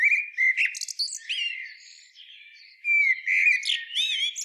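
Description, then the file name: Common blackbird singing mellow whistled notes mixed with thin, high, scratchy twittering, heard in two loud bursts. "Turdus merula"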